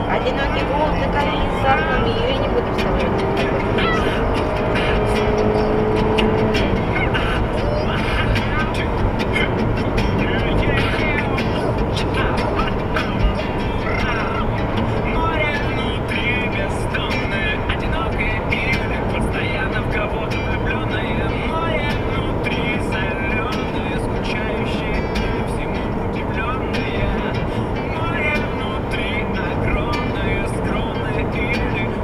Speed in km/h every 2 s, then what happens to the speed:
109, 118, 125, 122, 119, 117, 117, 115, 112, 107, 105, 104, 104, 105, 105, 105.
0-5 speeds up to 125. 5-21 slows to 104. 21-32 steady at about 105.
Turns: none.